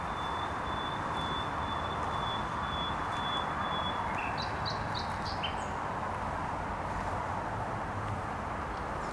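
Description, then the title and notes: Nightingale song: one long steady high whistle held for about four seconds, then a few short sharp notes, all over a continuous rumble of traffic. Singing in bushes close to a noisy motorway, Trasa Toruńska, Bródno-Podgrodzie, Warsaw, Poland; recorded with an Olympus LS-11. "Bródno-Podgrodzie, Warszawa, Polska - Trasa Toruńska Nightingale. Recording nightingale singing in bushes close to noisy motorway"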